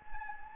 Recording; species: mosquito wingbeat signal from an infrared sensor; Anopheles gambiae